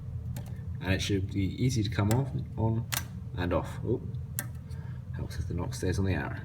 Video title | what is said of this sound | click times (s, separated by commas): How to Make a String | and you want a nice positive click, | 0.4 s